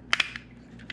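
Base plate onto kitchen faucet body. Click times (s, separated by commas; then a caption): 0.1 s. A plastic base plate (deck plate) is pressed onto a kitchen faucet body, and its small lip snaps into place with a sharp click at 0.1 s. Further clicks follow at 0.2, 0.4 and 0.9 s. The plate is seated in a tight fit.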